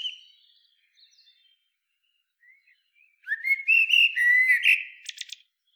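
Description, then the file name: Common blackbird: a fading note, a few soft notes, then one full warbled phrase of rising whistles ending in rapid squeaky notes. "Turdus merula"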